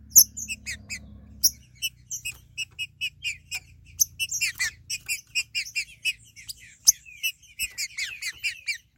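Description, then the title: Green-winged saltator singing evenly spaced high chirps that quicken into a busier run, over a soft low hum. "Trinca Ferro"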